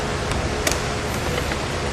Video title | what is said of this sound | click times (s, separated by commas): etrailer - Fit Test: Yakima FullBack 2 Bike Rack on a 2018 Mazda CX-5 | it snaps into place now | 0.7 s